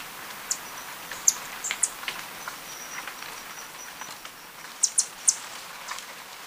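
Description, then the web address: Rufous-throated tanager giving thin, high-pitched chips at uneven intervals. Recorded in Ecuador. "Birds of Ecuador. Rufous-throated Tanager"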